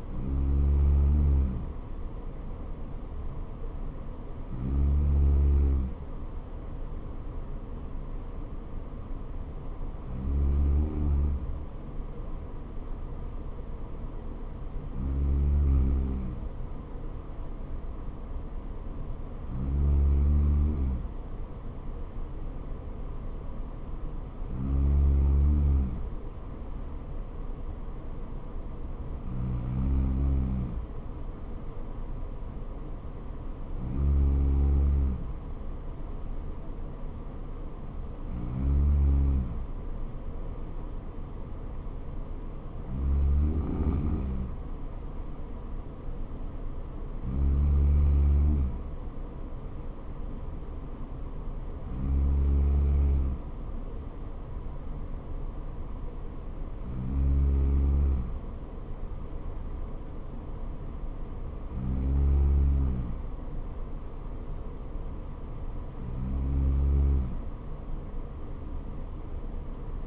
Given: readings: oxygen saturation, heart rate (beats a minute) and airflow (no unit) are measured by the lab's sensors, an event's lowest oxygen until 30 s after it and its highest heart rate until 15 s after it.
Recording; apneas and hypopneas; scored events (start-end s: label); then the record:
breathing in sleep by a smartphone at the bedside; none
none scored
From the record:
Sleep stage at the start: N3 (deep sleep); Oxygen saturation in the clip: 95%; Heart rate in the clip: 59 to 65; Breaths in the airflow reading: 15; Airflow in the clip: -4.0 to 3.4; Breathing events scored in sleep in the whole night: 79 in 6.3 hours asleep